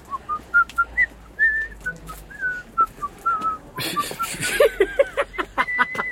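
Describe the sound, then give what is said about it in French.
Fritz Lang whistles a short melodic tune in clear, wavering notes, then a burst of noisy rustling and laughter-like sounds breaks in while the whistling continues in brief high tones. “C'est lui qui a sifflé ?”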